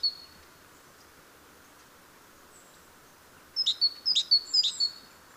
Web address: SETE Parus major